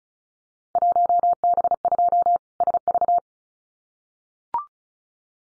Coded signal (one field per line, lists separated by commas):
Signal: Morse code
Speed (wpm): 36 wpm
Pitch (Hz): 700 Hz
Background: none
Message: 1B2 SV